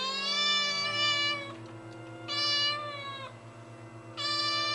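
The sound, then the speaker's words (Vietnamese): A tabby cat on a house porch, looking inside, lets out three long, drawn-out meows with brief pauses between them, each one loud and wailing like a crying child, over a low steady hum. “Nó hướng đôi mắt màu nâu đen nhìn vào bên trong rồi kêu lên vài tiếng, nghe như tiếng của trẻ con khóc.”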